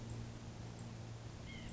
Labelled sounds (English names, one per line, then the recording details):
White-breasted Nuthatch
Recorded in Sonoma County, California